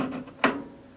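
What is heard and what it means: A second RAM memory stick is pushed into its motherboard DIMM slot, and the plastic latch gives one sharp click at 0.4 s. The stick is seated. Before it, there is a faint tonal hum near 250 Hz, and a quiet tail fades afterward.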